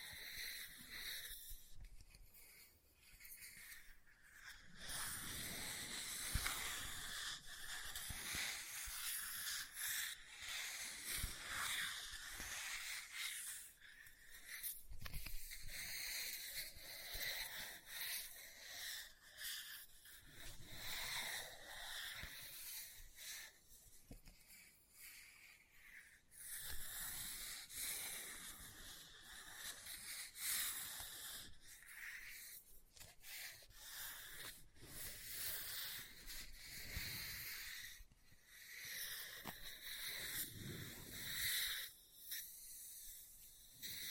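Book sounds: dry scratching and rubbing across a surface, with papery swishes like pages being turned. The texture is bright and hissy, coming in uneven bursts and short strokes throughout, with sharp taps at times, such as near 6, 15 and 38 seconds.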